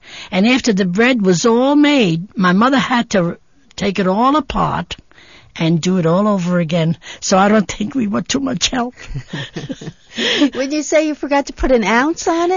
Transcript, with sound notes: And after the bread was all made, my mother had to take it all apart and do it all over again. So I don't think we were too much help. (she laughs)
Well, did you say you forgot to put an ounce on it?